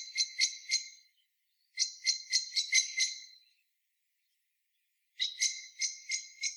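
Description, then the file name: Common blackbird calling in three quick clusters of hard, dry clicking notes, separated by silent gaps. "Turdus merula"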